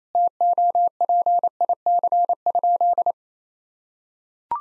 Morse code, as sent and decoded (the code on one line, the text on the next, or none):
- --- .--. .. -.-. ..--..
TOPIC?